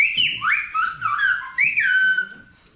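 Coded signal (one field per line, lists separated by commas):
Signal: whistled language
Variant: Silbo Gomero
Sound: a loud, piercing whistle that glides up and down in speech-like phrases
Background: faint low background murmur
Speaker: Right now, start the whistling show. The whistling demonstration.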